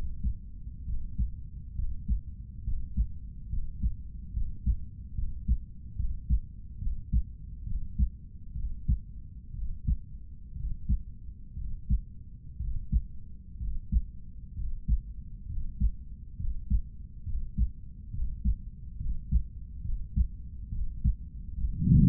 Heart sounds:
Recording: heart sounds by stethoscope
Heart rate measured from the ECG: 67 bpm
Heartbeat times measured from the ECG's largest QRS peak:
0.87 s: heartbeat
1.77 s: heartbeat
2.66 s: heartbeat
3.51 s: heartbeat
4.35 s: heartbeat
5.17 s: heartbeat
5.98 s: heartbeat
6.81 s: heartbeat
7.67 s: heartbeat
8.56 s: heartbeat
9.55 s: heartbeat
10.56 s: heartbeat
11.57 s: heartbeat
12.60 s: heartbeat
13.60 s: heartbeat
14.57 s: heartbeat
15.49 s: heartbeat
16.39 s: heartbeat
17.26 s: heartbeat
18.13 s: heartbeat
19.00 s: heartbeat
19.85 s: heartbeat
20.72 s: heartbeat
21.61 s: heartbeat
From the record:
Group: healthy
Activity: breath hold 0-17 s, rest 17-22 s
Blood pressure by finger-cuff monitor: 133/86 mmHg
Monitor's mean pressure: 97 mmHg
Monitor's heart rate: 67 bpm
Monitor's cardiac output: 7 L/min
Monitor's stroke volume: 105 mL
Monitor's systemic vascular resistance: 1020 dyn s/cm5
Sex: male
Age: 30 years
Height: 188 cm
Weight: 110.2 kg

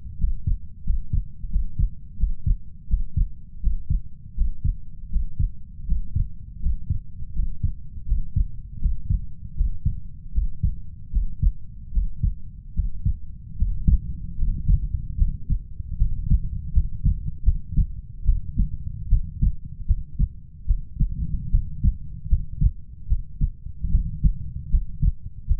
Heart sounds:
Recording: heart sounds by stethoscope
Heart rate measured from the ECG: 78 bpm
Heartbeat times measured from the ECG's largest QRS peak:
0.17 s: heartbeat
0.83 s: heartbeat
1.49 s: heartbeat
2.17 s: heartbeat
2.87 s: heartbeat
3.60 s: heartbeat
4.35 s: heartbeat
5.09 s: heartbeat
5.86 s: heartbeat
6.60 s: heartbeat
7.33 s: heartbeat
8.06 s: heartbeat
8.79 s: heartbeat
9.55 s: heartbeat
10.32 s: heartbeat
11.11 s: heartbeat
11.91 s: heartbeat
12.74 s: heartbeat
13.56 s: heartbeat
14.36 s: heartbeat
15.16 s: heartbeat
15.97 s: heartbeat
16.72 s: heartbeat
17.43 s: heartbeat
18.24 s: heartbeat
19.08 s: heartbeat
19.85 s: heartbeat
20.65 s: heartbeat
21.50 s: heartbeat
22.28 s: heartbeat
23.07 s: heartbeat
23.90 s: heartbeat
24.69 s: heartbeat
25.46 s: heartbeat
From the record:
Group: healthy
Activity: Valsalva maneuver 0-17 s, rest 17-26 s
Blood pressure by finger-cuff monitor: 92/61 mmHg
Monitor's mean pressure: 72 mmHg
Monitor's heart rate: 76 bpm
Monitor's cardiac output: 6.5 L/min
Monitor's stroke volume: 82 mL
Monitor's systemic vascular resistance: 800 dyn s/cm5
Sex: female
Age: 19 years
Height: 163 cm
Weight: 48.9 kg

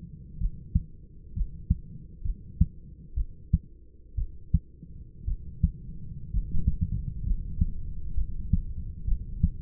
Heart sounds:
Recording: heart sounds by stethoscope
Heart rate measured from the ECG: 62 bpm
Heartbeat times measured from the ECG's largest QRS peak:
0.38 s: heartbeat
1.34 s: heartbeat
2.23 s: heartbeat
3.15 s: heartbeat
4.16 s: heartbeat
5.25 s: heartbeat
6.31 s: heartbeat
7.24 s: heartbeat
8.15 s: heartbeat
9.05 s: heartbeat
From the record:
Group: healthy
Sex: male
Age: 25 years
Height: 170 cm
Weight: 70.4 kg

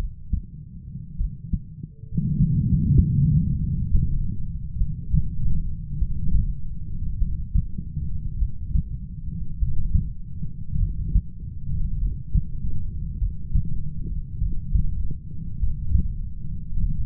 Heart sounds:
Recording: heart sounds by stethoscope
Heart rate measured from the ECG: 50 bpm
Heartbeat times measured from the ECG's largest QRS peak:
1.15 s: heartbeat
2.35 s: heartbeat
3.55 s: heartbeat
4.75 s: heartbeat
5.96 s: heartbeat
7.16 s: heartbeat
8.36 s: heartbeat
9.56 s: heartbeat
10.76 s: heartbeat
11.96 s: heartbeat
13.16 s: heartbeat
14.36 s: heartbeat
15.56 s: heartbeat
16.77 s: heartbeat
From the record:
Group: heart failure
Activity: rest 0-5 s, Valsalva maneuver 5-17 s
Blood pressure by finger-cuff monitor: 90/47 mmHg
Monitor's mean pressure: 60 mmHg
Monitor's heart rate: 50 bpm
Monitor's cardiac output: 4.2 L/min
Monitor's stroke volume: 85 mL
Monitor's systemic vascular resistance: 920 dyn s/cm5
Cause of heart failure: dilated cardiomyopathy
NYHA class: 3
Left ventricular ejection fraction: 27%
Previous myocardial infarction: absent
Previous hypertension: present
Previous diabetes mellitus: present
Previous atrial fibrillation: present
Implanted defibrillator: present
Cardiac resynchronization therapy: absent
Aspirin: present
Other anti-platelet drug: absent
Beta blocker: bisoprolol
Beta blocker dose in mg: 1.25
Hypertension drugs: sacubitril-valsartan, spironolactone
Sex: female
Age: 39 years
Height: 170 cm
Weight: 64 kg

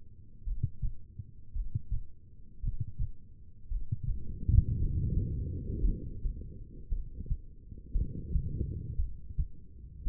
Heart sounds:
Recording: heart sounds by stethoscope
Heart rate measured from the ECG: 56 bpm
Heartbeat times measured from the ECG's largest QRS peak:
0.42 s: heartbeat
1.51 s: heartbeat
2.59 s: heartbeat
3.66 s: heartbeat
4.75 s: heartbeat
5.83 s: heartbeat
6.88 s: heartbeat
7.91 s: heartbeat
8.95 s: heartbeat
10.03 s: heartbeat
From the record:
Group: heart failure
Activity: Valsalva maneuver 0-4 s, rest 4-10 s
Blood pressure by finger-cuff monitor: 76/60 mmHg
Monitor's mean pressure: 66 mmHg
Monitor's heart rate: 56 bpm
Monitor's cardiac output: 2.2 L/min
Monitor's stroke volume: 41 mL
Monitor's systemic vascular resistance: 2060 dyn s/cm5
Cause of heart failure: non-ischemic cardiomyopathy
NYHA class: 1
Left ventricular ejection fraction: 52%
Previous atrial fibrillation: present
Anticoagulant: apixaban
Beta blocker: bisoprolol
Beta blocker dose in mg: 10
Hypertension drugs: sacubitril-valsartan, spironolactone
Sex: female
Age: 68 years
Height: 169 cm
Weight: 71 kg

